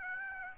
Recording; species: mosquito wingbeat signal from an infrared sensor; Aedes aegypti